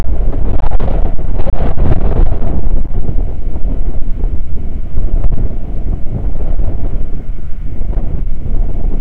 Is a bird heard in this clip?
no